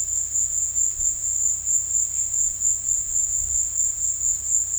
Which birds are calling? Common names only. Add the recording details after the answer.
none. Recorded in dense forest near Puerto Asís, Putumayo, Colombia, on 18 February 2024 at 15:30. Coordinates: 0.487, -76.319. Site G6403